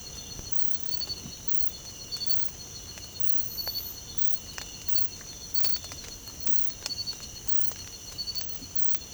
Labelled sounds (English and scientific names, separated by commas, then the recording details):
none
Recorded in secondary vegetation near Puerto Asís, Putumayo, Colombia, on 22 December 2024 at 05:30
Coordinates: 0.468, -76.324
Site G095